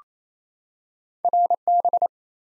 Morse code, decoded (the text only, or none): RB